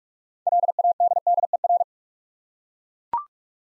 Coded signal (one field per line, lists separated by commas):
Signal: Morse code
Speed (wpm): 44 wpm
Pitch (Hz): 700 Hz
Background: none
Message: LADDER